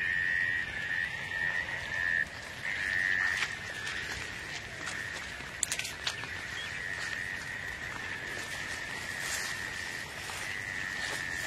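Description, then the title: Insect song, a steady high continuous trill that briefly breaks off early on, with scattered sharp clicks and ticks over a soft hissing background. "《虫虫奏鸣曲》 你听过虫子的歌唱吗？倾听大自然的天籁之音"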